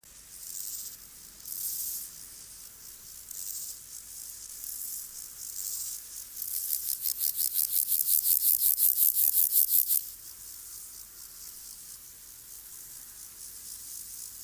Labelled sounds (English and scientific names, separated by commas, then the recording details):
Water-meadow Grasshopper (Chorthippus montanus) stridulation
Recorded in the wild
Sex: male
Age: imago
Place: Summt, Brandenburg, DE
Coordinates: 52.6894, 13.3617
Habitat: wet meadow, glade
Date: 1983-08-20 17:32
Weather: hazy, 28°C
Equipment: Nagra SN (Automatic), Sennheiser MKH 416 T, Kopie Uher 4000 Report Monitor
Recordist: Tembrock, Günter